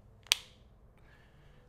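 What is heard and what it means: A wallet accessory is attached again close to the microphone and latches onto the click-lock mount of a Speck Presidio 2 Pro case for the iPhone 15 Pro Max. A sharp click sounds at 0.3 s with a faint lead-in tick just before it, followed by quiet background. The wallet is seated and locked onto the case.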